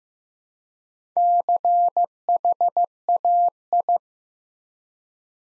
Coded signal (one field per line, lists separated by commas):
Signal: Morse code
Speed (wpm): 15 wpm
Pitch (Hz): 700 Hz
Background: none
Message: CHAI